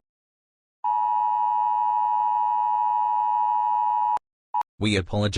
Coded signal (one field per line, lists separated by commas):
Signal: Emergency Alert System (SAME) tones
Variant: 853 and 960 Hz attention tone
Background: speech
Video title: [EAS Scenario] If the Locust Horde was Real (Part 6)